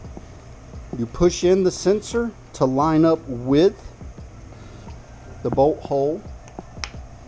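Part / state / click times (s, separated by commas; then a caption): crankshaft position sensor into engine block bore / seated / 6.8 s. Someone talks while a crankshaft position sensor is pushed into its bore in the 6.0 LQ4 engine block of a '64 Nova LS swap and lined up with the bolt hole, before the mount screw goes in. A sharp, bright snap at 6.8 s marks the sensor seating into the block.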